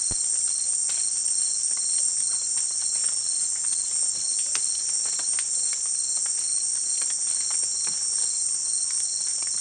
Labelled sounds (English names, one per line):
none